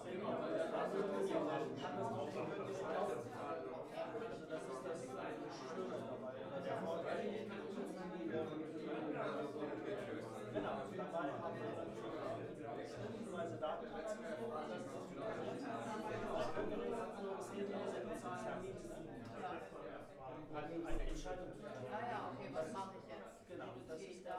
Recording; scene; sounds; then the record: everyday scene through a hearing-aid microphone; many people talking; many voices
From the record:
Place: bistro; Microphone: behind the ear, left, rear